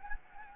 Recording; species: mosquito wingbeat signal from an infrared sensor; Anopheles gambiae